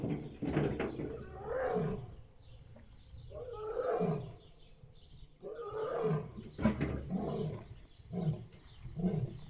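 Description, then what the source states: Lion roar sequence: long, deep moaning roars that shorten into quicker grunting bursts toward the end. Lion roaring heard from a distance.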